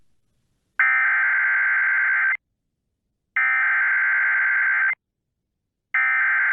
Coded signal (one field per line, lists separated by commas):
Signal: Emergency Alert System (SAME) tones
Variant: header bursts